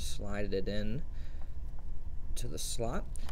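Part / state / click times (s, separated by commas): memory module into server motherboard DIMM slot / not seated / none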